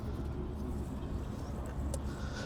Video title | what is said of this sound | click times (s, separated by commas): 2016-2022 BMW X1 F48 FRONT FULL BRAKE PADS & ROTOR REPLACEMENT | Can hear that snap. | 1.9 s